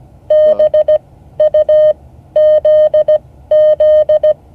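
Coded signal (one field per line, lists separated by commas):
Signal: Morse code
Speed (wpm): 17 wpm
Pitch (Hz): 620 Hz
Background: none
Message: BUZZ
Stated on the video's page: Morse code class session.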